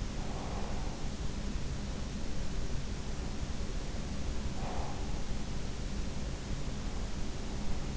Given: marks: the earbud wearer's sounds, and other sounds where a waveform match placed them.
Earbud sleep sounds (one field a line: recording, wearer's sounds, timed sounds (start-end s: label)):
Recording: sounds in sleep by an in-ear microphone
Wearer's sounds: breath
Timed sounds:
0.00-0.97 s: breath
4.44-4.94 s: breath